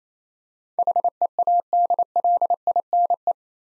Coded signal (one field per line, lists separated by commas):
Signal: Morse code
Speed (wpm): 27 wpm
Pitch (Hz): 700 Hz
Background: none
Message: HEADLINE